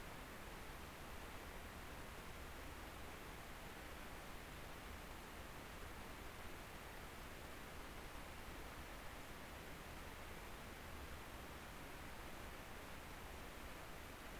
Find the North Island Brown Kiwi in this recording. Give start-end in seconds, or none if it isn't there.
none